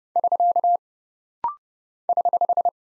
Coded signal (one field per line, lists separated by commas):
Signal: Morse code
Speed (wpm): 30 wpm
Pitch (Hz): 700 Hz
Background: none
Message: <SK> <HH>